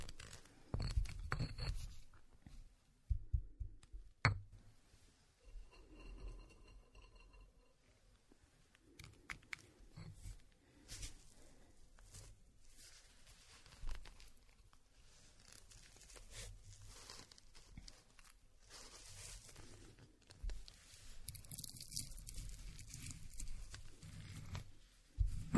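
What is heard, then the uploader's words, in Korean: Walnuts are ground by hand, giving irregular crunching, cracking and gritty scraping in short bursts with brief pauses. Sharp clicks stand out near the start and around the middle, over a quiet background. 호두를 직접 갈아보겠습니다. 손으로 직접 갈아먹는 호두.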